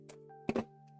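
A plastic front bezel is handled and lined up with three square holes on the side of a desktop computer case, with steady background music throughout. Two dull thunks of handling come at about 0.5 and 0.6 seconds. Nothing has seated or clicked yet.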